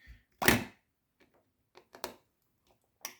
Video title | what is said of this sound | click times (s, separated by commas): review of Hotpoint H10 3C26 W UK 3D zone 14 place dishwasher | you go there's the click if you want to open it you just press this button and it will open | 0.5 s